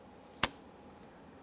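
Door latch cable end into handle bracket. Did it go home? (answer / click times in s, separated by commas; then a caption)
yes / 0.4 s. On a 2013-2020 Ford Fusion front exterior door handle latch cable, the plastic end with its locking ears is pressed straight through the handle bracket slot. A single sharp click at 0.4 s is heard, with a faint tick near 1.0 s. The cable end seats with both locking tabs in place, confirmed by a light tug.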